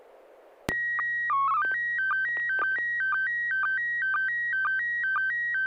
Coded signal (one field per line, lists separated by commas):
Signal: SSTV (slow-scan television)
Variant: PD 120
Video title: N6NA SSTV Net - 02/18/2026